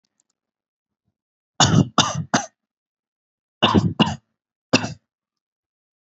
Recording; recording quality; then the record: shallow voluntary cough; excellent, no background noise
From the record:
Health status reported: exposed to COVID-19, no respiratory illness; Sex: male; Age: 25 years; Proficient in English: yes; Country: India